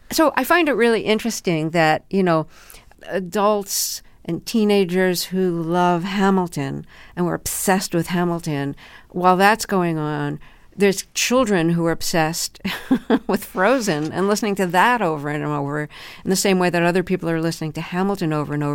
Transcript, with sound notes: So I find it really interesting that, you know, adults and teenagers who love "Hamilton" and were obsessed with "Hamilton" - while that's going on, there's children who are obsessed (laughter) with "Frozen" and listening to that over and over in the same way that other people are listening to "Hamilton" over and over.